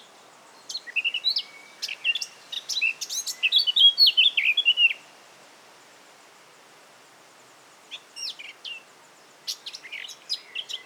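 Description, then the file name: Eurasian Blackcap song: a scratchy start building into a loud, fluty warbled phrase lasting about four seconds, then silence and a few softer scattered notes. "Sylvia atricapilla"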